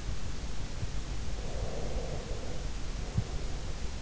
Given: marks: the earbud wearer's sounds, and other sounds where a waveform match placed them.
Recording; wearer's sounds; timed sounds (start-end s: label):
sounds in sleep by an in-ear microphone; breath
1.39-3.96 s: breath